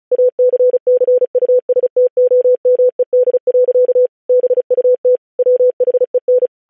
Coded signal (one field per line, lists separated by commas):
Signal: Morse code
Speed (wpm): 36 wpm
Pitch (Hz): 500 Hz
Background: none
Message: ACCUSTOMED. BUT WHEN